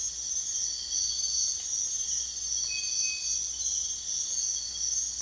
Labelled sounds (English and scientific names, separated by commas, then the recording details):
none
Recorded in secondary vegetation near Puerto Asís, Putumayo, Colombia, on 22 June 2025 at 04:30
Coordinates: 0.485, -76.322
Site GP06